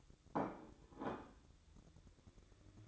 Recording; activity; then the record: daily activity, microphone in the room; place plate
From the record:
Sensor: 3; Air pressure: 1007.4 hPa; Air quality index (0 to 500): 52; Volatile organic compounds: 1 ppm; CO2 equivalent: 586 ppm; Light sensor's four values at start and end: 9/20/8/8 and 8/20/8/8